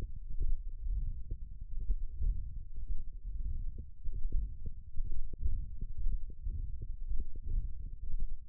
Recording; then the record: forearm muscle sounds (acoustic myography)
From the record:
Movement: wrist extension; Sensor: system 1, eight BSWA MPA416 microphones around the upper forearm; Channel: 6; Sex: male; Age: 23 years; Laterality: right